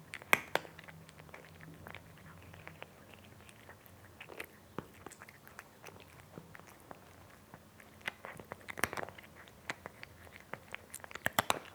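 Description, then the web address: Cat chewing food, crisp crunching bites coming in uneven bursts, busier around nine seconds and again at the end. Domestic cat eating, described as a nice crunchy sound. "BBC Sound Effects Library Cats Cat Eating (Nice Crunchy Sound)"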